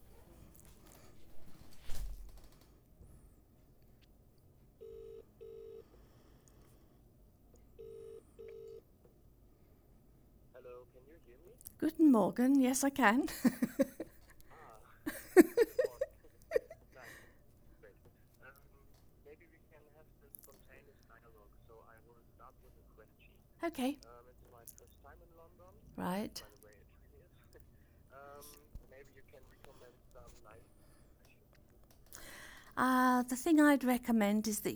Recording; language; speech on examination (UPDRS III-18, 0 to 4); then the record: conversation on a phone call; English; 1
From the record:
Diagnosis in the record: Parkinson's disease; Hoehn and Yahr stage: 2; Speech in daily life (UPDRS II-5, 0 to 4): 1